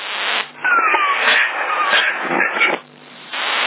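A cat lets out a loud, drawn-out meow that bends into a wavering yowl for about two seconds, with no talking, framed by a brief hiss of background noise.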